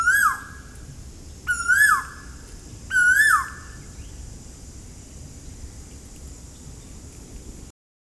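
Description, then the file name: Asian koel calling, three clear whistled notes, each rising then falling sharply, spaced about one and a half seconds apart, followed by quiet hiss before silence. Recorded at Ezhimala, Kannur, Kerala. "Asian Koel Eudynamys scolopaceus from Ezhimala Kannur Kerala"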